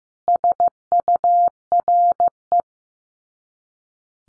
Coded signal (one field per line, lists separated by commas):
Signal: Morse code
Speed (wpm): 15 wpm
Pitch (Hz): 700 Hz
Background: none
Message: SURE